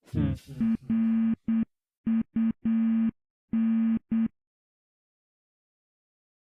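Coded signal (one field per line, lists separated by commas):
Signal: Morse code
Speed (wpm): 8 wpm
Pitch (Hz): 230 Hz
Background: none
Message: RUN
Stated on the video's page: Morse code within a fangame puzzle.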